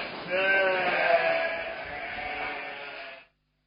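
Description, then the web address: Sheep giving one long, wavering bleat that lasts about three seconds and then stops abruptly. "Sheep"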